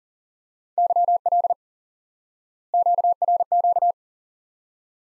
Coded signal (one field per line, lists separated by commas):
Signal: Morse code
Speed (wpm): 40 wpm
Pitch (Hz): 700 Hz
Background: none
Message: YL QRQ